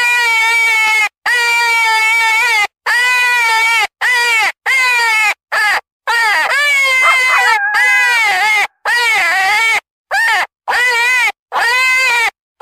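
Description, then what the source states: Coyote calling in a run of wavering, arching howls and shorter yelping notes, rising and falling in pitch, broken by frequent short pauses. Recorded at a kill.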